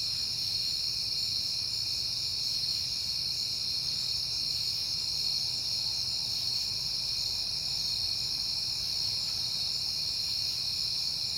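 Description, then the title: Crickets sing an even, ceaseless high trilling chorus, with only a faint low hum beneath. Crickets at night in September, on a peaceful night. "Night Time: Crickets and Passing Cars"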